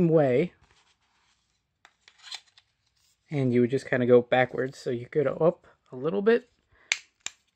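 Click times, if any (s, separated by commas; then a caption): 6.9 s, 7.3 s. Someone talks while sliding the plastic battery cover back onto an Alexa Voice Remote for the 2017 Fire TV with 4K Ultra HD and pressing it down until it sits flush with the remote body. Two sharp clicks are heard at 6.9 s and 7.3 s as the cover seats into place.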